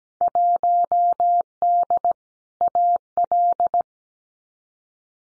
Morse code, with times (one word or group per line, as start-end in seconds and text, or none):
0.2-2.1 1D
2.6-3.8 AL